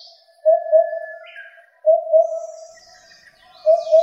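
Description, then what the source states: Oriental cuckoo hooting: three low, hollow two-note phrases, with faint high bird notes above. Miyake-jima, Tokyo, Japan.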